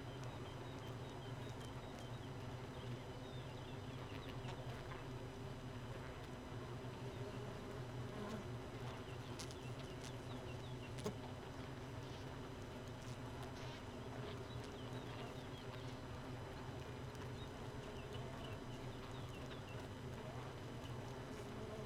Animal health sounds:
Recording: honeybee colony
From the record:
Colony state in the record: missing queen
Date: 31 May 2018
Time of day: 4:12

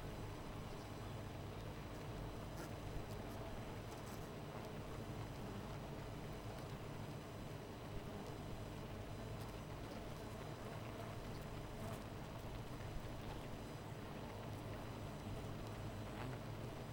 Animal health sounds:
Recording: honeybee colony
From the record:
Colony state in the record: missing queen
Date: 14 July 2017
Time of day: 13:34

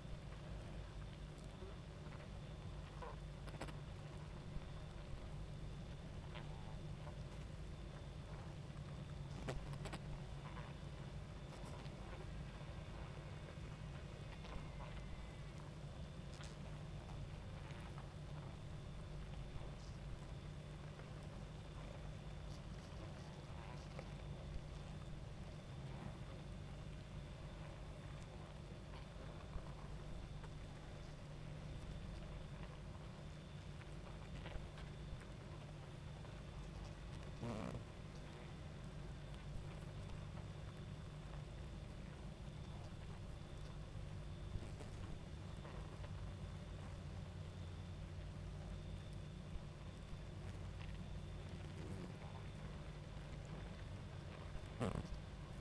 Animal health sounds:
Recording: honeybee colony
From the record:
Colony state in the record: active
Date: 28 July 2017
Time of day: 22:53

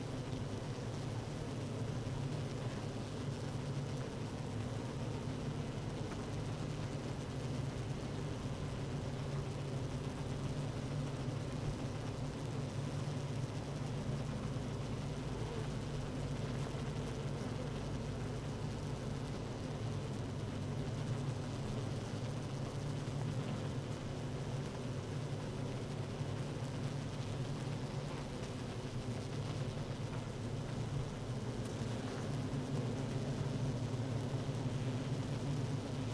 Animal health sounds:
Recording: honeybee colony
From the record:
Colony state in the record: active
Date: 12 June 2018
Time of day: 15:40

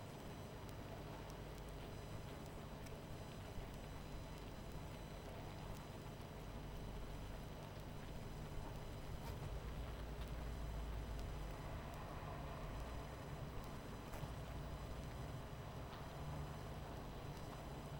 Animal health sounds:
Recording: honeybee colony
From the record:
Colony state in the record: missing queen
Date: 14 July 2017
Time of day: 22:26

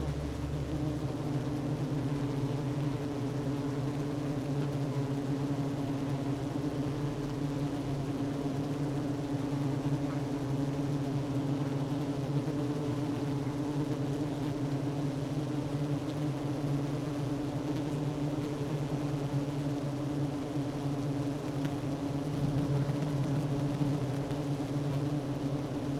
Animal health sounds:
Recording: honeybee colony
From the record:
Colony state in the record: active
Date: 12 June 2018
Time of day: 10:42

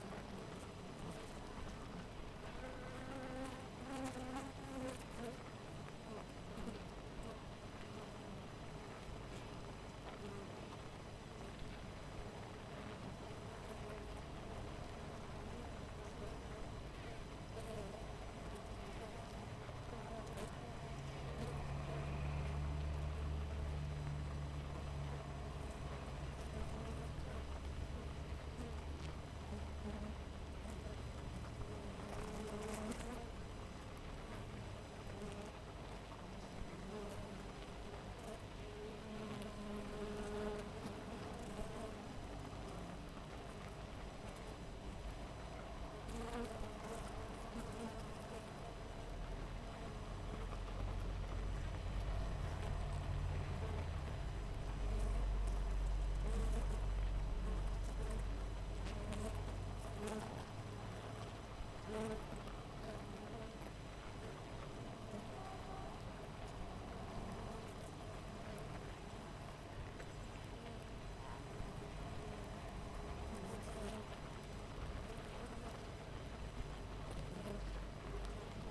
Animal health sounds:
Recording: honeybee colony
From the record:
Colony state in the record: missing queen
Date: 14 July 2017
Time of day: 6:08

